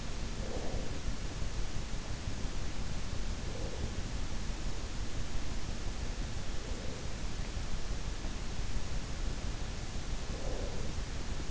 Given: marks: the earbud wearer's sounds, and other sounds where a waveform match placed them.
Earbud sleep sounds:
sounds in sleep by an in-ear microphone; breath
0.00-1.54 s: breath
9.86-11.51 s: breath

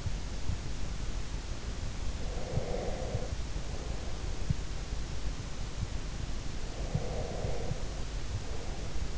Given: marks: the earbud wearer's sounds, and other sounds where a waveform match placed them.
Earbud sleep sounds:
sounds in sleep by an in-ear microphone; breath
2.30-4.47 s: breath
6.68-9.18 s: breath

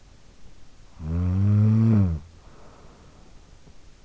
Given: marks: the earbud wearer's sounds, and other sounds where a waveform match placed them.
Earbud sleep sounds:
sounds in sleep by an in-ear microphone; snoring breath
0.69-3.65 s: snoring breath

